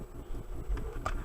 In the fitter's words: you'll get a nice positive click when you push that on you want to make sure it gets a good connection